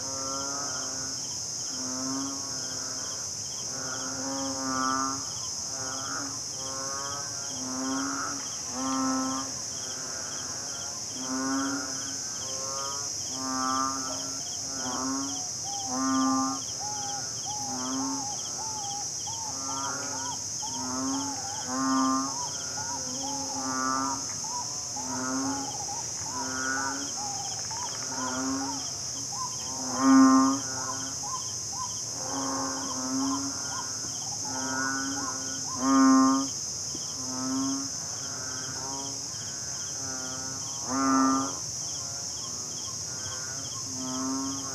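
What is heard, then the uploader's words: A chorus of banded bullfrogs calls in a thunderstorm, low droning moos repeating every second or two and overlapping throughout. A steady hiss of rain runs underneath, with a high thin insect whine. A few louder calls stand out near 30, 36 and 41 seconds. Tim Shaw - Banded Bullfrog Chorus in Thunderstorm – Lamma Island, Hong Kong.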